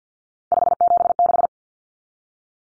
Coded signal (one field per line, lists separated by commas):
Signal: Morse code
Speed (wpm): 50 wpm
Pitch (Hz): 700 Hz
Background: none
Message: 576